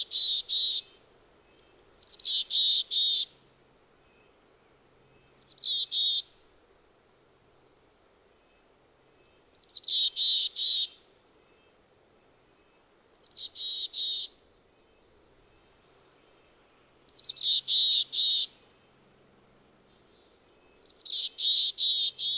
Mountain Chickadee call recorded on the Cub Lake Trail in Rocky Mountain National Park.